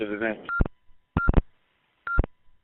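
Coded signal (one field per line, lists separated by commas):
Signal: none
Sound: repeater courtesy beeps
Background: speech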